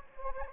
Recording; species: mosquito wingbeat signal from an infrared sensor; Anopheles gambiae